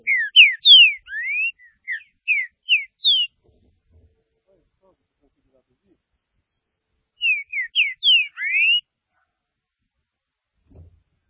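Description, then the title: Green-winged saltator song: two rapid strings of loud whistles, mostly downslurred with some rising slurs, separated by several seconds of quiet. "Trinca Ferro"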